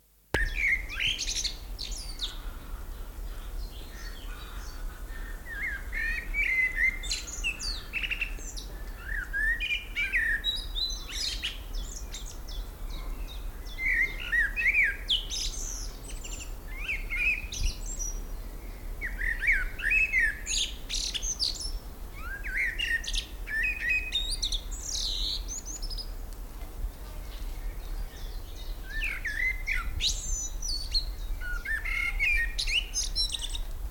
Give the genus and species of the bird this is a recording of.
Turdus merula